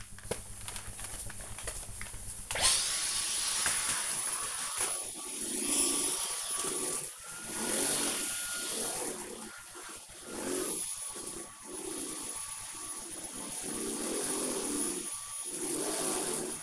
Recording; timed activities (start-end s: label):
household activities, microphone on the right wrist
0.00-16.62 s: vacuum cleaning